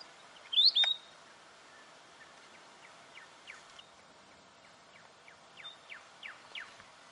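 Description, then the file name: Weebill song: one loud, sharply sliding whistled phrase early on, followed by a soft train of descending chips, with steady background hiss. "canto do gerigono de bico curto"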